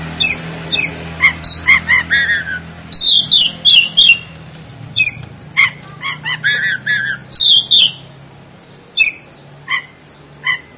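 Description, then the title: Oriental magpie-robin song: repeated short sharp notes and warbled whistled phrases in irregular bursts, with a low steady hum beneath. "Kacer"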